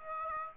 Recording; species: mosquito wingbeat signal from an infrared sensor; Aedes aegypti